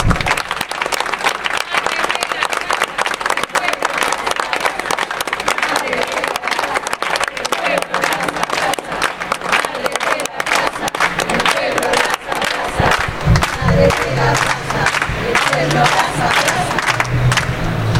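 A large audience applauds and cheers continuously to welcome the Madres de Plaza de Mayo, a dense, loud wash of clapping with shouts rising throughout, sustained for the whole stretch with some voices chanting.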